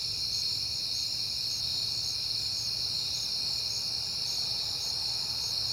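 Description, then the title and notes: Many crickets trilling at once, a bright unbroken high-pitched buzz, with a muffled low hum in the background. Crickets recorded at night in September on a peaceful night; crickets heard often that month. "Night Time: Crickets and Passing Cars. It is September and I have been hearing the crickets a lot, but finally had a peaceful night to make the recording"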